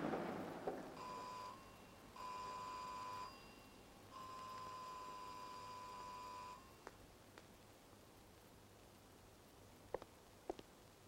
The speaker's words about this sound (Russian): Звонит в дверь Юлиной квартиры.